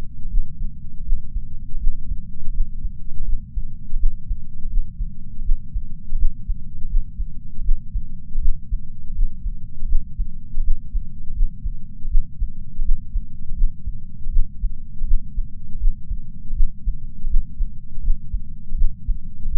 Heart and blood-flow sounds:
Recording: heart sounds by patch sensor on the chest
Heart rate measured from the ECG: 81 bpm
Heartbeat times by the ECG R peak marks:
0.29 s: heartbeat
1.04 s: heartbeat
1.78 s: heartbeat
2.52 s: heartbeat
3.24 s: heartbeat
3.98 s: heartbeat
4.69 s: heartbeat
5.43 s: heartbeat
6.17 s: heartbeat
6.88 s: heartbeat
7.63 s: heartbeat
8.40 s: heartbeat
9.14 s: heartbeat
9.87 s: heartbeat
10.62 s: heartbeat
11.34 s: heartbeat
12.09 s: heartbeat
12.83 s: heartbeat
13.55 s: heartbeat
14.31 s: heartbeat
15.05 s: heartbeat
15.79 s: heartbeat
16.55 s: heartbeat
17.28 s: heartbeat
18.02 s: heartbeat
18.76 s: heartbeat
19.49 s: heartbeat
From the record:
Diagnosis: coronary artery disease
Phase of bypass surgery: postoperative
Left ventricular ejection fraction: 56.9%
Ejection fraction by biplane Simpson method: 47.5%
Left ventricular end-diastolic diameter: 47 mm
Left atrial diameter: 37 mm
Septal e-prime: 6 cm/s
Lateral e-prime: 7.9 cm/s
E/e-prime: 12.2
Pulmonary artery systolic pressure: 37 mmHg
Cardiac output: 5.2 L/min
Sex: female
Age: 68 years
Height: 161 cm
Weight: 66.6 kg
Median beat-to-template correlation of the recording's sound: 0.94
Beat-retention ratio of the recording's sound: 0.98

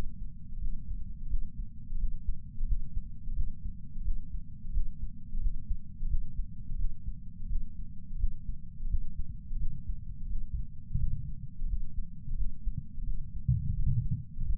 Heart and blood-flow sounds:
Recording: heart sounds by patch sensor on the chest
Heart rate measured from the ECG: 87 bpm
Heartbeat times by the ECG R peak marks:
0.59 s: heartbeat
1.27 s: heartbeat
1.97 s: heartbeat
2.65 s: heartbeat
3.33 s: heartbeat
4.02 s: heartbeat
4.71 s: heartbeat
5.39 s: heartbeat
6.07 s: heartbeat
6.76 s: heartbeat
7.47 s: heartbeat
8.17 s: heartbeat
8.87 s: heartbeat
9.57 s: heartbeat
10.27 s: heartbeat
10.97 s: heartbeat
11.66 s: heartbeat
12.35 s: heartbeat
13.04 s: heartbeat
13.74 s: heartbeat
14.43 s: heartbeat
From the record:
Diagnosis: coronary artery disease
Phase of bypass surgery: postoperative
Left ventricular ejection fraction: 48.9%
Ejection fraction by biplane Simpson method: 50.6%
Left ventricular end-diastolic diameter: 48 mm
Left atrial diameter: 31 mm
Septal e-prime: 7.6 cm/s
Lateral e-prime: 9.6 cm/s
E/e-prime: 6.6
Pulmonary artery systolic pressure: 23 mmHg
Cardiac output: 5.5 L/min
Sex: male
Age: 60 years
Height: 174 cm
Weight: 72 kg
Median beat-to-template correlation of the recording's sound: 0.83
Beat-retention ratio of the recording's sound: 0.99

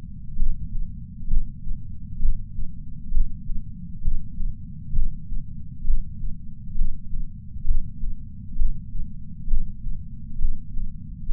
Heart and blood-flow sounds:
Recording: heart sounds by patch sensor on the chest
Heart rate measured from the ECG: 66 bpm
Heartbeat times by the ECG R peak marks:
0.36 s: heartbeat
1.27 s: heartbeat
2.19 s: heartbeat
3.11 s: heartbeat
4.01 s: heartbeat
4.92 s: heartbeat
5.84 s: heartbeat
6.75 s: heartbeat
7.64 s: heartbeat
8.55 s: heartbeat
9.47 s: heartbeat
10.38 s: heartbeat
11.28 s: heartbeat
From the record:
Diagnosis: coronary artery disease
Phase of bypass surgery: preoperative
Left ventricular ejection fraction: 64%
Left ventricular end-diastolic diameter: 46 mm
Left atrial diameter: 41 mm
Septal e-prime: 5 cm/s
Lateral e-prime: 6 cm/s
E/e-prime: 12.5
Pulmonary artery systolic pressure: 30 mmHg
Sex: male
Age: 62 years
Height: 165 cm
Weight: 72 kg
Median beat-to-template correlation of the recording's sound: 0.93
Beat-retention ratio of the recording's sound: 0.99

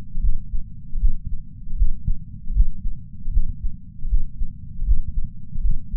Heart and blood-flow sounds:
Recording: heart sounds by patch sensor on the chest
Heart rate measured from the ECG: 78 bpm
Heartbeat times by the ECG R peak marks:
0.20 s: heartbeat
0.98 s: heartbeat
1.75 s: heartbeat
2.52 s: heartbeat
3.30 s: heartbeat
4.07 s: heartbeat
4.84 s: heartbeat
5.60 s: heartbeat
From the record:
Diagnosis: coronary artery disease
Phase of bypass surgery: postoperative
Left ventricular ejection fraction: 50.8%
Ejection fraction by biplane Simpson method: 51.6%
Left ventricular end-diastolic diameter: 50 mm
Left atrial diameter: 30 mm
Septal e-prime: 7.4 cm/s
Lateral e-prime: 7.6 cm/s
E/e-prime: 9.9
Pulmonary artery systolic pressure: 27 mmHg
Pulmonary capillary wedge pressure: 7 mmHg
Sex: male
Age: 66 years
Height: 176 cm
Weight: 74.5 kg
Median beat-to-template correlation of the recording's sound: 0.90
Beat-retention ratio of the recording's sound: 0.99

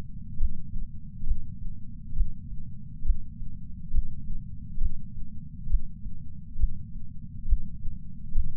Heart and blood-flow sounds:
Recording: heart sounds by patch sensor on the chest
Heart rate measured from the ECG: 68 bpm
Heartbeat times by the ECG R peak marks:
0.39 s: heartbeat
1.26 s: heartbeat
2.15 s: heartbeat
3.04 s: heartbeat
3.93 s: heartbeat
4.80 s: heartbeat
5.69 s: heartbeat
6.58 s: heartbeat
7.47 s: heartbeat
8.34 s: heartbeat
From the record:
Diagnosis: coronary artery disease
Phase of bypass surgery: preoperative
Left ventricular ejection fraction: 65.2%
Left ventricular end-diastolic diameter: 45 mm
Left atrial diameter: 36 mm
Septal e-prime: 3.6 cm/s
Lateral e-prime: 5.4 cm/s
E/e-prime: 13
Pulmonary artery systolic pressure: 22 mmHg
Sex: female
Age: 69 years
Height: 148 cm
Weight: 51 kg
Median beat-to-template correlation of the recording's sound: 0.94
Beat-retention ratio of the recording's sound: 0.99

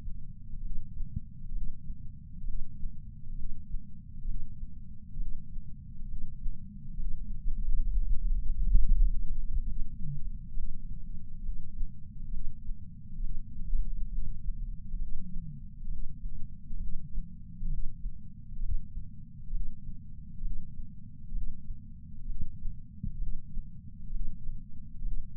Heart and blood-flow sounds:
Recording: heart sounds by patch sensor on the chest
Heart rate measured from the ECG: 66 bpm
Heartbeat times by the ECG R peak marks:
0.61 s: heartbeat
1.52 s: heartbeat
2.44 s: heartbeat
3.34 s: heartbeat
4.25 s: heartbeat
5.17 s: heartbeat
6.06 s: heartbeat
6.96 s: heartbeat
7.86 s: heartbeat
8.76 s: heartbeat
9.64 s: heartbeat
10.54 s: heartbeat
11.41 s: heartbeat
12.30 s: heartbeat
13.20 s: heartbeat
14.09 s: heartbeat
14.98 s: heartbeat
15.89 s: heartbeat
16.78 s: heartbeat
17.69 s: heartbeat
18.60 s: heartbeat
19.51 s: heartbeat
20.42 s: heartbeat
21.33 s: heartbeat
22.26 s: heartbeat
23.18 s: heartbeat
24.11 s: heartbeat
25.03 s: heartbeat
From the record:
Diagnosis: coronary artery disease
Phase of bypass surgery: preoperative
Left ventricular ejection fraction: 52.3%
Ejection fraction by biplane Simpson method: 38%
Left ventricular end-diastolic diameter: 62 mm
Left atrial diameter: 45 mm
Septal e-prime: 4 cm/s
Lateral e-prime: 7 cm/s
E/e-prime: 12.2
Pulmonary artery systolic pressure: 24 mmHg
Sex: male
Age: 61 years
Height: 174 cm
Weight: 80 kg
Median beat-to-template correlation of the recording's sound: 0.91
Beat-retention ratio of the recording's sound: 0.97

